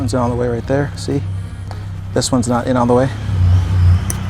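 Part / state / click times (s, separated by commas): brake pad abutment clip into caliper bracket / seated / 4.1 s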